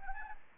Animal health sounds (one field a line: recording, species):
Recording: mosquito wingbeat signal from an infrared sensor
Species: Anopheles arabiensis